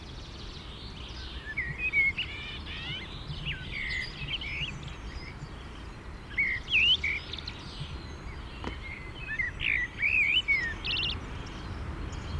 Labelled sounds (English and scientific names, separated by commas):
Common Blackbird (Turdus merula) song